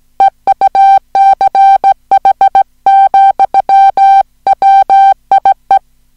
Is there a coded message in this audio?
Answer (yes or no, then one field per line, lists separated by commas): yes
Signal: Morse code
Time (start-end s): 0.2-5.8 s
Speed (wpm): 17 wpm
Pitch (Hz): 780 Hz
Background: music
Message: EUCH, WIE